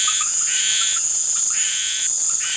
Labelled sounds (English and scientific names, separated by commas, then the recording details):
none
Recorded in secondary vegetation near Puerto Asís, Putumayo, Colombia, on 12 March 2025 at 19:30
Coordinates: 0.489, -76.322
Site G042